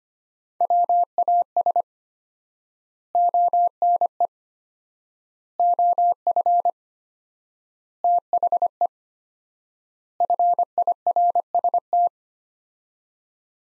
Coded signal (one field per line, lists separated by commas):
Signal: Morse code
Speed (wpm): 25 wpm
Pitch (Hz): 700 Hz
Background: none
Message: WAS ONE OF THE FIRST